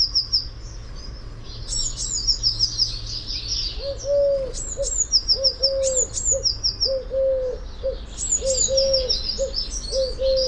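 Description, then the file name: Eurasian blue tit calls, bright high notes sliding downward in rapid clusters, while low short hoots repeat steadily from about four seconds on over background noise. "Cyanistes caeruleus"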